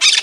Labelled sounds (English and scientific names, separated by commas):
Brown-throated Parakeet (Eupsittula pertinax) contact call